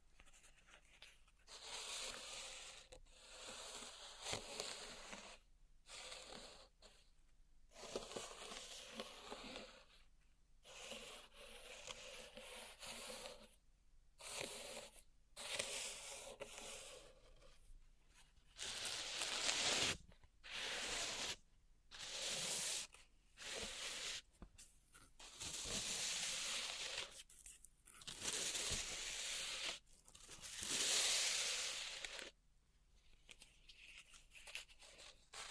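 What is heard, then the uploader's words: Gritty raking and rubbing through pink salt in a zen garden, bright, in short scraping strokes separated by brief silences, louder after twenty seconds. ASMR Relaxing Pink Salt Zen Garden Triggers (No Talking).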